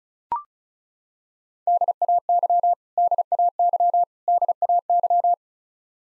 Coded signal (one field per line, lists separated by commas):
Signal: Morse code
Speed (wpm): 34 wpm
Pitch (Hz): 700 Hz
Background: none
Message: DAY DAY DAY